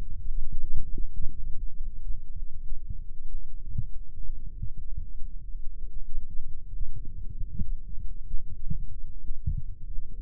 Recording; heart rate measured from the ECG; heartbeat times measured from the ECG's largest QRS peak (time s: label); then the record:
heart sounds by microphone in the right ear; 96 bpm
0.50 s: heartbeat
1.13 s: heartbeat
1.75 s: heartbeat
2.37 s: heartbeat
3.00 s: heartbeat
3.61 s: heartbeat
4.24 s: heartbeat
4.87 s: heartbeat
5.49 s: heartbeat
6.12 s: heartbeat
6.75 s: heartbeat
7.38 s: heartbeat
7.99 s: heartbeat
8.61 s: heartbeat
9.23 s: heartbeat
9.85 s: heartbeat
From the record:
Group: healthy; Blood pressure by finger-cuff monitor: 126/87 mmHg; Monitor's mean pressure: 100 mmHg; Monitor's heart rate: 96 bpm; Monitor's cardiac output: 5.6 L/min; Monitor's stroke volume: 58 mL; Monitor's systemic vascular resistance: 1300 dyn s/cm5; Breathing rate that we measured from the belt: 19 breaths a minute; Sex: female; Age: 51 years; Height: 162 cm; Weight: 70.04 kg